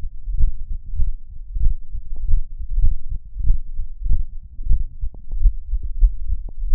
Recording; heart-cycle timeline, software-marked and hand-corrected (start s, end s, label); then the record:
heart sounds
0.00	0.04	systole
0.04	0.12	S2
0.12	0.34	diastole
0.34	0.52	S1
0.52	0.70	systole
0.70	0.78	S2
0.78	0.98	diastole
0.98	1.12	S1
1.12	1.30	systole
1.30	1.38	S2
1.38	1.60	diastole
1.60	1.74	S1
1.74	1.94	systole
1.94	2.02	S2
2.02	2.24	diastole
2.24	2.40	S1
2.40	2.52	systole
2.52	2.58	S2
2.58	2.76	diastole
2.76	2.92	S1
2.92	3.10	systole
3.10	3.20	S2
3.20	3.40	diastole
3.40	3.58	S1
3.58	3.76	systole
3.76	3.84	S2
3.84	4.04	diastole
4.04	4.20	S1
4.20	4.38	systole
4.38	4.46	S2
4.46	4.68	diastole
4.68	4.84	S1
4.84	5.02	systole
5.02	5.12	S2
5.12	5.36	diastole
5.36	5.52	S1
5.52	5.70	systole
5.70	5.80	S2
5.80	5.98	diastole
5.98	6.12	S1
6.12	6.30	systole
6.30	6.42	S2
6.42	6.66	diastole
6.66	6.75	S1
From the record:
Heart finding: aortic stenosis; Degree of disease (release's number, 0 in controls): 2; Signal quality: good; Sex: female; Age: 90 years or older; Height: 1.63 m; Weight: 60 kg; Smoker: no